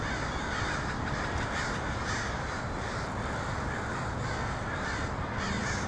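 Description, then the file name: Many crows cawing continuously, raspy calls overlapping without pause, over a steady noisy background. Multiple crows recorded in Portland (PDX) on 23 October 2018. "pdx crows 2018-10-23"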